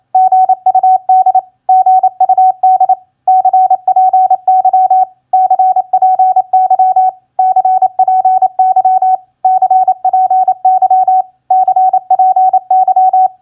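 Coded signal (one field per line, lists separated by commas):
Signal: Morse code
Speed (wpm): 28 wpm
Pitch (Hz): 750 Hz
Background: none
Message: GUD GUD CPY CPY CPY CPY CPY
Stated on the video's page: Morse practice of common QSO elements at 28 wpm.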